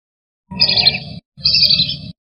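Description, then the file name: Wandering whistling duck uttering two rasping, high whistled phrases in quick succession, each under a second. "audio-burung-belibis-kembang -omkicau"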